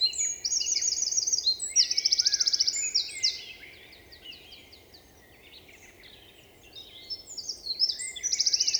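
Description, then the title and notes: Eurasian wren song: two loud, rapid bursts of high twittering notes and fast buzzy trills, separated by a few quiet seconds. Recorded 27 March 2020 in Val Maravel with a Nagra Seven and MKH8040 microphones in stereo; forest singer whose vigorous, nervous song asserts its presence to any potential rival. "UN VENT DE TROGLODYTE. 27 mars 2020-Val Maravel - Un Troglodyte mignon (Troglodytes troglodytes) affirme par son chant vigoureux sa présence à tout concurrent potentiel.Chanteur de la forêt son chant nerveux est toujours impressionnant de puissance"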